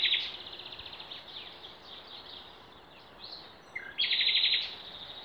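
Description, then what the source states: Songbirds singing in chorus, high twittering phrases overlapping, with a louder bright trilled burst near the end over steady background hiss. Wild songbirds singing in Demerje forest, 28 April 2020.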